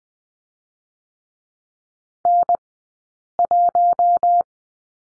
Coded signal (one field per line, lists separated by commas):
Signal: Morse code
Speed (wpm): 20 wpm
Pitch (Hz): 700 Hz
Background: none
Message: N 1